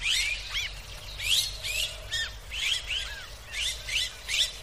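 Bird calling, harsh arched notes rising then falling, given in pairs and small clusters roughly every second over a steady low background hum.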